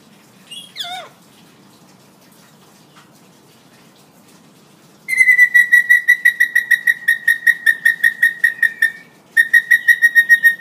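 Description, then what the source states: Hill myna giving one short falling note. After a pause comes a long rapid series of loud, harmonic pulses, several per second, which briefly stops and then resumes. Tutor recording of an actively singing hill myna, meant for training other birds to copy.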